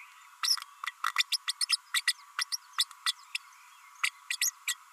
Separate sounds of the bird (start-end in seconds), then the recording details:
0.43-0.56, 1.18-1.24, 1.32-1.37, 1.47-1.52, 1.61-1.65, 1.69-1.76, 1.94-2.01, 2.07-2.13, 2.38-2.44, 2.52-2.57, 2.78-2.84, 3.06-3.12, 3.34-3.37, 4.03-4.10, 4.30-4.37, 4.41-4.50, 4.67-4.74. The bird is a female. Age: 32 days. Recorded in a nest box in Venezuela. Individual 17B32A5